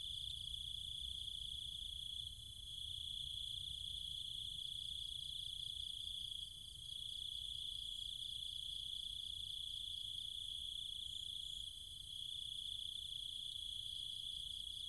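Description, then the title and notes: Cicadas and other insects buzz in a high-pitched drone with a faint pulsing layer above, briefly dipping a few times. Cicadas and other insects at night in trees and fields, countryside of Chiang Mai, Thailand. "Cicada countryside, Thailand. Nighttime sounds of the cicadas and insects in the trees and fields, Chiang Mai, Thailand. Recorded by Alex Boyesen"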